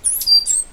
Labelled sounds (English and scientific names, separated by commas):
Stitchbird (Notiomystis cincta) song